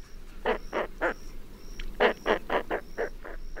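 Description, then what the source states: Roseate spoonbill giving low, rough grunts in quick series of about four per second, pausing once, with a faint thin whine running in the background. Lives year-round along the Gulf of Mexico.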